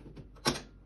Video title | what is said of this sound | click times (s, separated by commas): Чистка кофемашины Unicum Nero | зафиксировался | 0.5 s